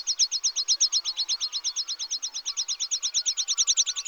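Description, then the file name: Water pipit singing a fast, steady series of thin, high, clipped notes repeated throughout. "Grasset De Muntanya"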